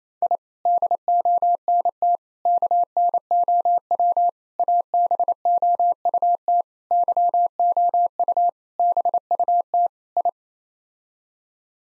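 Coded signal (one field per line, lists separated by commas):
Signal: Morse code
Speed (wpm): 28 wpm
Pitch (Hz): 700 Hz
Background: none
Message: I DONT KNOW ABOUT YOU BUT I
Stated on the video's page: Head-copy drill of seven-word groups in Morse at 28 wpm, each group sent, then spoken, then sent again.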